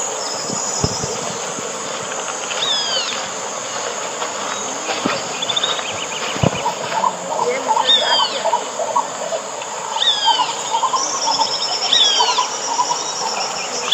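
Bird calls: short high chirps with quick downward sweeps, given at intervals of a few seconds, over a steady background of insect trilling.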